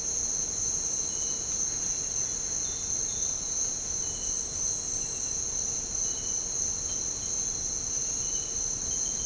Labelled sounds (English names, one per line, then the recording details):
none
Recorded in dense forest near Puerto Asís, Putumayo, Colombia, on 13 March 2025 at 07:00
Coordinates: 0.467, -76.328
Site G041